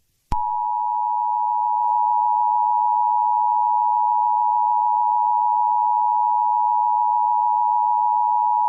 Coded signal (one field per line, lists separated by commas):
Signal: Emergency Alert System (SAME) tones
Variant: 853 and 960 Hz attention tone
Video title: EAS Scenario #13 (SPOOKY NUMBER): NO EYES ON ME!